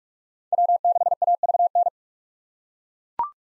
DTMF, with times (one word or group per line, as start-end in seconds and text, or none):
none